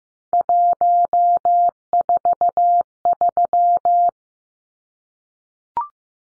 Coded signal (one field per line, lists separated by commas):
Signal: Morse code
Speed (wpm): 15 wpm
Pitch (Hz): 700 Hz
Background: none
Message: 143